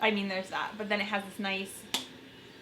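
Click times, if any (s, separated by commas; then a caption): 1.9 s. Someone talks while snapping the plastic flip-top cap of a skincare toner bottle shut. A single sharp click is heard at 1.9 s, and the cap clicks closed.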